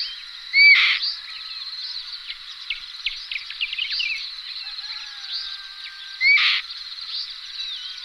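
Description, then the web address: Black-winged kite calling twice, about six seconds apart, each a thin upslurred whistle followed by a harsh scratchy screech, with constant chirping of other small birds behind. "All the bird songs of Britain and Europe - Jean-Claude Roche. Elanus caeruleus"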